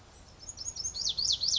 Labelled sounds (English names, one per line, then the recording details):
Pacific Wren
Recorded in Sonoma County, California